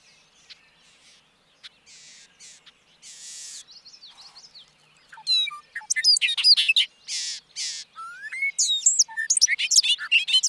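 Bobolink song: soft scattered notes and buzzes at first, then a loud, bubbly, tumbling jumble of metallic, rapidly shifting notes over the last five seconds.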